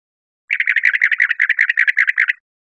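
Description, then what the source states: Northern mockingbird song phrase: a fast rattling series of about twenty harsh, buzzy mid-pitched notes, lasting roughly two seconds, with silence around it. Recorded 1 October 2003.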